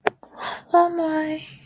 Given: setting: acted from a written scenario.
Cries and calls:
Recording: vocal sound without words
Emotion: elation

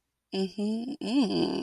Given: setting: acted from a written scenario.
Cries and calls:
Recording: vocal sound without words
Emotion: desire

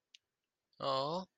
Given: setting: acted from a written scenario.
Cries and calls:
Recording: vocal sound without words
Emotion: adoration

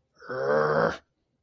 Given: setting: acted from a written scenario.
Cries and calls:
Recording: vocal sound without words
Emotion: anger

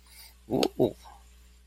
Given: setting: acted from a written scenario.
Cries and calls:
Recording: vocal sound without words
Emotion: realization

